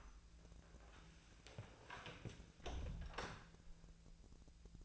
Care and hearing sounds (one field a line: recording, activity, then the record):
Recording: daily activity, microphone in the room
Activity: close door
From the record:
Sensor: 2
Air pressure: 1000.3 hPa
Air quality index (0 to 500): 168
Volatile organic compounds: 3 ppm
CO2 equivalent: 1397 ppm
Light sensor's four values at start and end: 11/27/12/12 and 11/27/11/12